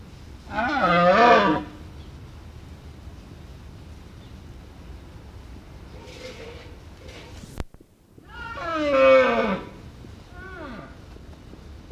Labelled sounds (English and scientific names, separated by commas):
Wapiti (Cervus canadensis) rut call